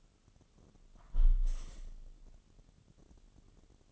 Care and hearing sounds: daily activity, microphone in the room; close window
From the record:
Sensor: 4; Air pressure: 1015.7 hPa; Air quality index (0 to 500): 84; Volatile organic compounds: 1 ppm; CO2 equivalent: 930 ppm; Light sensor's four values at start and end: 9/20/8/7 and 9/20/8/7

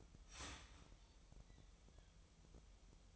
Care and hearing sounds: daily activity, microphone in the room; start toaster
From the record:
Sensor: 1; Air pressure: 988.6 hPa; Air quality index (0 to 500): 197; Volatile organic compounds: 947 ppm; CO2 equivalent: 5242 ppm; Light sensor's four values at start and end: 25/95/35/37 and 25/95/35/37

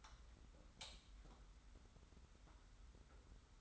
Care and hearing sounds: daily activity, microphone in the room; light on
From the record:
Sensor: 3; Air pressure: 990.9 hPa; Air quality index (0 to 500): 116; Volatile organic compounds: 77 ppm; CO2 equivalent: 3584 ppm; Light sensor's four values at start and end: 37/87/35/33 and 39/96/39/36

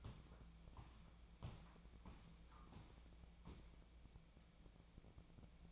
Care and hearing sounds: daily activity, microphone in the room; walk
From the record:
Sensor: 1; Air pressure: 1012.2 hPa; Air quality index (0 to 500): 176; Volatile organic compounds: 3 ppm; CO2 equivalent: 1450 ppm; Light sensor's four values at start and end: 45/121/49/60 and 49/131/54/67

